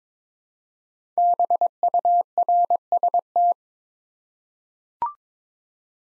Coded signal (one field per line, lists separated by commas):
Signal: Morse code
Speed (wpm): 22 wpm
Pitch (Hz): 700 Hz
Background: none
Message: BURST